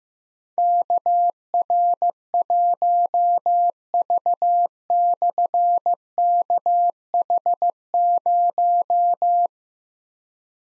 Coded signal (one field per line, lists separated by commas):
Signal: Morse code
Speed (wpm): 15 wpm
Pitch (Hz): 700 Hz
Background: none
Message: KR1V/KH0